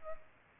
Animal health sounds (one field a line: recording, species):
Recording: mosquito wingbeat signal from an infrared sensor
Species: Culex pipiens